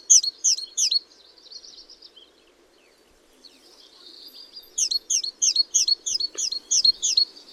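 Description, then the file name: Great tit sings a few sharp double notes, falls quiet amid soft twitters, then resumes a rapid, regular series of high phrases. "Parus major"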